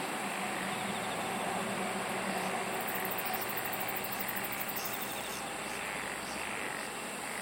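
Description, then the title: Insect chorus, dense and even, with a rapid high pulsing trill in the middle. "SINGING OF INSECTS"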